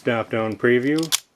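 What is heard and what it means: Someone talks while handling the stop-down preview lever on a Canon AE-1 35mm film SLR camera body, and a brief broadband burst is heard near 1.1 s as the voice ends. The lever has not yet locked in place; nothing has clicked or seated yet.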